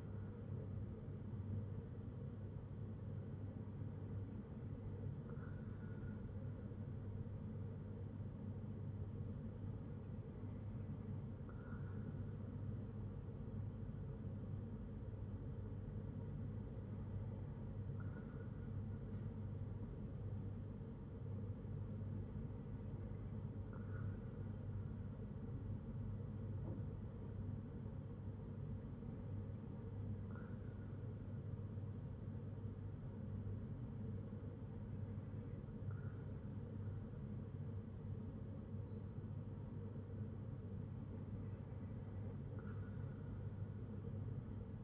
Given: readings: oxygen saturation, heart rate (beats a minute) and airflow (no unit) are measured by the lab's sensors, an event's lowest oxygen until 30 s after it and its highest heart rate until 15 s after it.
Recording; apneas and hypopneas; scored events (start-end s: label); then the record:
breathing in sleep by a smartphone at the bedside; none
none scored
From the record:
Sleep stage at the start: N2 (light sleep); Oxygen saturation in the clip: 94 to 95%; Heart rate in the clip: 60 to 64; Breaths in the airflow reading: 7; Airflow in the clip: -4.2 to 4.0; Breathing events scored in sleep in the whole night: 182 in 7.4 hours asleep